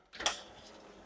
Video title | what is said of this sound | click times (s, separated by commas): Best Green Juice Recipe for Detox & Energy | didn't click properly. | none